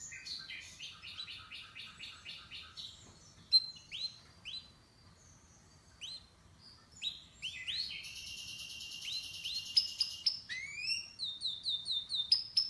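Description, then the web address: Canary-type song, quieter, with rapid repeated notes, upward-sweeping whistles and a high buzzy trill later on, over a faint low background hum. "Golchin Best Canari Seda Canari. Niyaz Music)"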